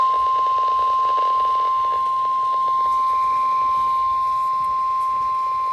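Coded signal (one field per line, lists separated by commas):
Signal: Emergency Alert System (SAME) tones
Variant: 1050 Hz attention tone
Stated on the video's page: Severe Thunderstorm Warning alert tones for Mercer County, New Jersey, during Hurricane Ida.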